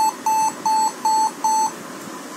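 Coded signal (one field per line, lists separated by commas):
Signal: none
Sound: UPS warning beeps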